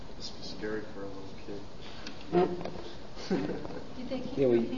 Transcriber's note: they laugh